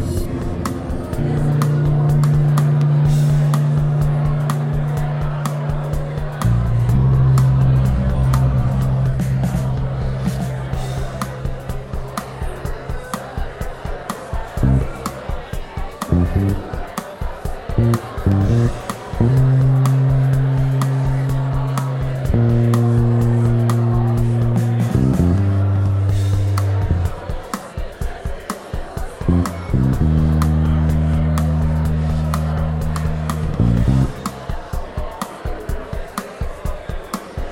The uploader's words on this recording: Bass improvisation over a background of crowd chatter, supported by an electronic drummer (courtesy of Logic Pro).